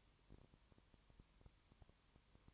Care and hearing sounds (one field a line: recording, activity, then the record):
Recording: daily activity, microphone in the room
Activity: no activity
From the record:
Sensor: 3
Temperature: 21.1 degrees Celsius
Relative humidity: 37.0%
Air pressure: 1010.6 hPa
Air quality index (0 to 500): 204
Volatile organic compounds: 31 ppm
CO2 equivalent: 2980 ppm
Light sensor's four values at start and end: 2/3/2/2 and 2/3/2/2